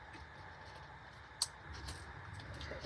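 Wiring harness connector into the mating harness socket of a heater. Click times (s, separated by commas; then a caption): 1.4 s. A plastic wiring harness connector is pushed into the large black opening of a Webasto heater's mating harness socket during installation in a Promaster van. A single sharp snap is heard at 1.4 s over a low steady background rumble, and the connector seats in place.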